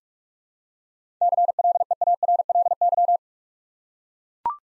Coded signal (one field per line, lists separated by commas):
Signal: Morse code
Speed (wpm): 42 wpm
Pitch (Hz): 700 Hz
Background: none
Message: CLEARLY